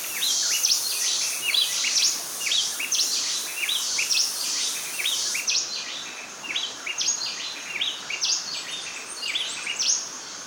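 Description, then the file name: Bay wren singing a dense run of rapid, clear whistled notes, phrases tumbling one after another with a short lull midway, constant faint hiss behind. "Bay Wren Cantorchilus nigricapillus"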